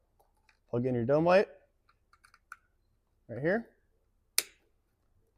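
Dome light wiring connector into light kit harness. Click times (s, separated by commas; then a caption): 4.4 s. Someone talks while plugging a dome light wiring connector into the harness of a 5th Gen 4Runner light kit, with a few faint ticks in between. A single sharp click at 4.4 s marks the connector seating in place.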